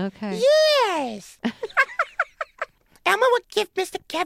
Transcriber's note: soundbite of laughter